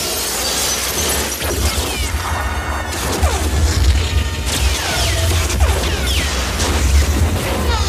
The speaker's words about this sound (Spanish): Los generadores chisporrotean. Las bombillas estallan.